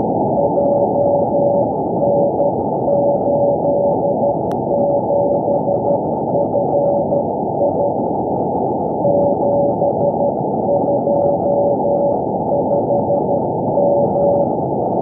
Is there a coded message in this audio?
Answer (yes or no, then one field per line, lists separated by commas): yes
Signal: Morse code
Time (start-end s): 0.4-14.4 s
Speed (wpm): 12 wpm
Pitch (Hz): 570 Hz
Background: none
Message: JN87FI 725M